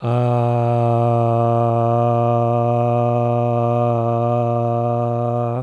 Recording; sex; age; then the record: sustained vowel /a/; male; 40 to 49 years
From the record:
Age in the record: 44 years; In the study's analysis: included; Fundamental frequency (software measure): 118 Hz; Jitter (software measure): 0.36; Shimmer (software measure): 1.81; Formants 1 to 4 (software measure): 658 Hz, 1443 Hz, 2604 Hz, 3369 Hz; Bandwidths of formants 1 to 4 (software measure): 68 Hz, 84 Hz, 198 Hz, 425 Hz